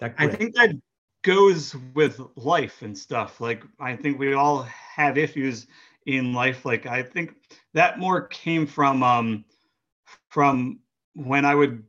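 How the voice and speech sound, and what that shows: An adult man who stutters speaks in short bursts broken by frequent pauses. Several words are stretched out, and he repeats "from" after a long silent gap. These mild prolongations, a repetition and hesitant blocks are heard in an otherwise steady, clear voice.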